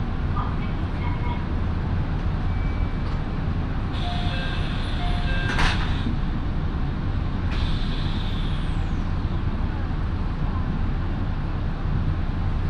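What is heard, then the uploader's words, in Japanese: A steady low rumble fills the inside of a local train as it runs along the line, with a dense rhythmic drone that barely changes level. Brief bright squeals and a sharp clunk come around the fourth to sixth seconds and again near eight. 身延線 富士→芝川。身延線を各駅停車で乗り通します。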